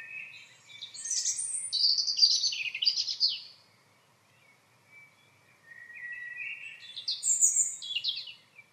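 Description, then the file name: European robin delivering two high, warbling song phrases of tinkling and trilled notes separated by a short quiet gap. "Erithacus rubecula"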